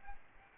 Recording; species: mosquito wingbeat signal from an infrared sensor; Aedes albopictus